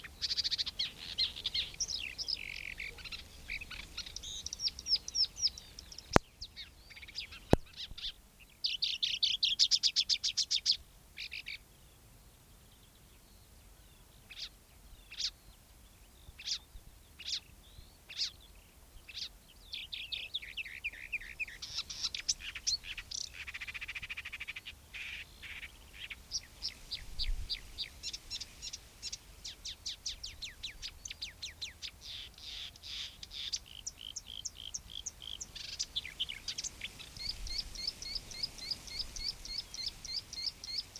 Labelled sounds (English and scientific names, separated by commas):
Marsh Warbler (Acrocephalus palustris) song